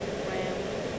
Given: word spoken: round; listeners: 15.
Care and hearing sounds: one English word in noise, from a listening test; speech-shaped noise; -6.3 dB; 5 of 15; 6 of 15; 0.59 s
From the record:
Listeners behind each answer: 6, 5, 1, 1, 1, 1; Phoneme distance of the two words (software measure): 27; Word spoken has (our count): 1 syllable, 4 phonemes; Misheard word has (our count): 1 syllable, 3 phonemes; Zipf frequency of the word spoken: 5.71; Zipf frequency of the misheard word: 4.40

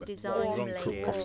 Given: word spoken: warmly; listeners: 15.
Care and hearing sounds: one English word in noise, from a listening test; four-talker babble; -2.2 dB; 0 of 15; 13 of 15; 0.85 s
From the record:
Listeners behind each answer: 13, 1, 1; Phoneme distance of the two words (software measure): 50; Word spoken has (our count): 2 syllables, 5 phonemes, stress on syllable 1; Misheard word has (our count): 2 syllables, 5 phonemes, stress on syllable 2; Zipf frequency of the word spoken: 3.10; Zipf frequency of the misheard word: 4.76

